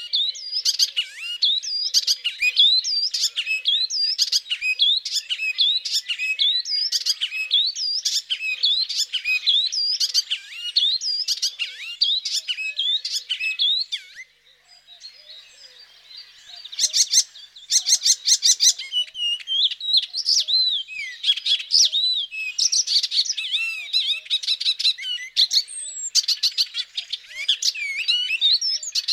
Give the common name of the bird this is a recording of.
Icterine Warbler